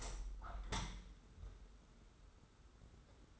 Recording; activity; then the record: daily activity, microphone in the room; open window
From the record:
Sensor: 3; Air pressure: 991.2 hPa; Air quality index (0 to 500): 129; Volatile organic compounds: 160 ppm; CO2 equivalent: 4065 ppm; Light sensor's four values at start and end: 49/134/54/48 and 49/134/55/48